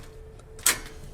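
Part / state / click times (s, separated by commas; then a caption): server sliding rail into rack post / seated / 0.7 s. The sliding rail of a Dell PowerEdge R360 server has its pegs and hook pushed into the rack post holes. After a faint tick at 0.4 s, a sharp, bright click sounds at 0.7 s as the rail seats into place in the rack post.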